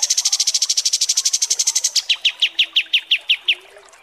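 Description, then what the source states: Kapas tembak song: a rapid high buzzing trill that breaks into slower, lower, well-spaced chips. Masteran training recording of kapas tembak song.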